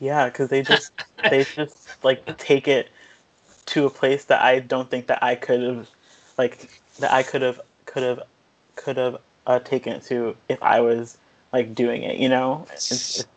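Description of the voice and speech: Conversational speech from an adult comedy writer who has stuttered since age 3: repeated phrases, with "could have" said four times between pauses, and drawn-out sounds, typical stuttering disfluencies.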